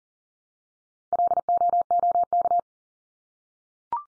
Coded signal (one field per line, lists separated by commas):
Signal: Morse code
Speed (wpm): 39 wpm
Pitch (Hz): 700 Hz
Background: none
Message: LOOK